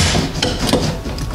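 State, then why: Seated. A metal prop rod is pushed back into its holder on the spare tire hoist under a 2004 Chevy Avalanche, snapping into place with a sharp click at 0.4 s amid steady rubbing and background noise. A fainter tick follows near 1.2 s, and the rod is seated.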